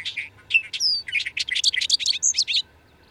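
Bird song: a lively high warble with rapid clipped notes and a drawn-out descending whistle, ending abruptly after about two and a half seconds.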